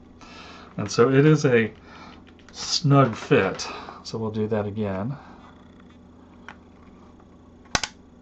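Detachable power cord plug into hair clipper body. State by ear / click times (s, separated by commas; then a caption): seated / 7.8 s. Someone talks while the detachable power cord plug is pushed back into the body of a Wahl Unicord Combo 8242 hair clipper with some force, as it is a snug fit. A sharp plastic double snap rings out at 7.8 and 7.8 seconds as the plug clicks in and is seated.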